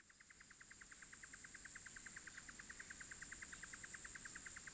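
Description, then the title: Cicadas singing in a steady, high, shimmering buzz, with a steady series of short mid-pitched ticks running beneath it. Field recording from Australia or Portugal made during 2011, possibly altered. "EMERGING TERRITORIES. Cicadas"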